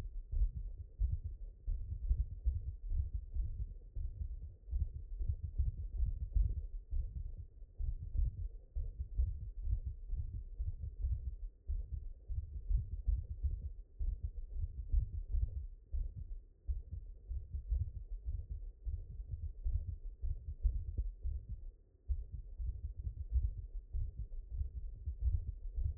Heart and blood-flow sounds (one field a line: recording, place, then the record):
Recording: heart sounds by stethoscope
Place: mitral valve (MV)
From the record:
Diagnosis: HFrEF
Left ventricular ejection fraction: 29%